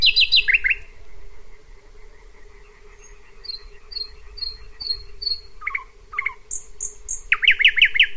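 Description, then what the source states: Thrush Nightingale song opening with fast rattled notes, then a string of soft falling whistles, sharp clicks, high piping and a closing burst of rapid, loud trilled notes over steady humming. Singing close by around midnight in June, on a dirt road with trees and shrubs among meadows, fields and marshes between Pyzdry and Zagórów, Poland; complex song, varied repertoire, repeated elements.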